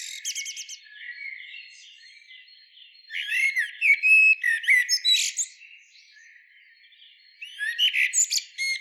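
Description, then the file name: Common blackbird song phrases of mellow notes running into squeaky, chattering twitters, three bursts separated by quieter thin whistling. "Turdus merula"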